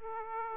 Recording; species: mosquito wingbeat signal from an infrared sensor; Aedes aegypti